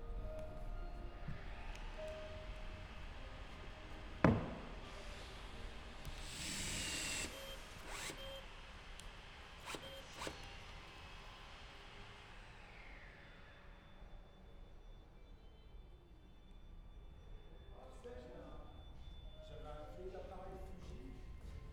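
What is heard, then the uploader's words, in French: Workshop sounds with a sharp metallic knock near four seconds, a bright hiss around seven, steady low rumble, and faint voices later. Ateliers de construction. Sons d'ateliers (ambiance sonore utilisée sur le spectacle en multipiste).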